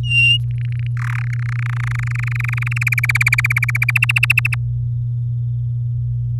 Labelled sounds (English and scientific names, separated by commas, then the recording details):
Domestic Canary (Serinus canaria) song
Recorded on 6 May 2018 at 05:44
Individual llb16